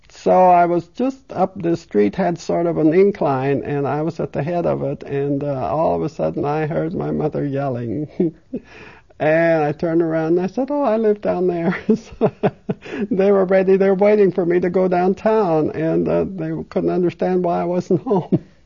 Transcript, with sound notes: So I was just up, the street had sort of an incline, and I was at the head of it, and all of a sudden I heard my mother yelling and I turned around and I said, "Oh, I live down there." (She laughs.) They were ready, they were waiting for me to go downtown, and they couldn't understand why I wasn't home.